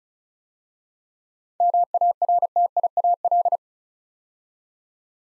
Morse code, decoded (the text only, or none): MARTIAL